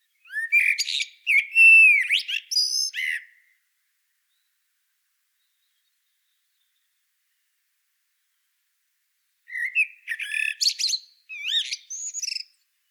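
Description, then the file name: Common blackbird giving two bursts of rapid, high twittering and squeaky notes mixed with short fluted tones, separated by a long quiet pause. "Turdus merula"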